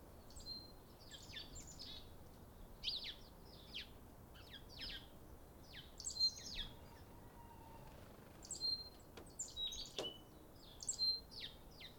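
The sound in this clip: Birds chirping: short, high, sharp notes scattered irregularly throughout, some thin whistled tones, over a steady low hiss of background noise.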